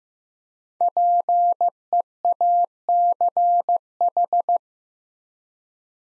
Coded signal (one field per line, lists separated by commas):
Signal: Morse code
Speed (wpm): 15 wpm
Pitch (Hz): 700 Hz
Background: none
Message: PEACH